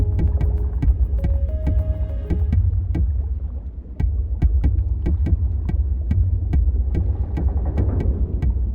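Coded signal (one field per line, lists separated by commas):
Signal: tap code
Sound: dull metallic knocks in short irregular groups over a deep underwater drone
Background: low underwater hum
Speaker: players at first thought it was just random knocks on the window, but it didn't take long for Easter egg hunters to figure out that it's actually tap code, kind of like Morse code. When decoded, the message says, "Hey, you never call, how'd you fancy going bowling?"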